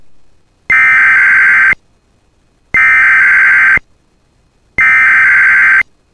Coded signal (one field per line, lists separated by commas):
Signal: Emergency Alert System (SAME) tones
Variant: header bursts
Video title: [EAS Compilation] 2024 Minnesota Statewide Tornado Drill (Evening Drill)